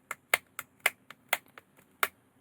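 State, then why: Not seated. The plastic frame of a damaged CPH 1920 phone is pressed by hand against its rear housing, producing a series of sharp, bright snaps at about 0.1, 0.3, 0.6, 0.9, 1.3 and 2.0 seconds, with fainter ticks in between. The frame does not click into the housing, and nothing has seated, because it was taken apart the wrong way.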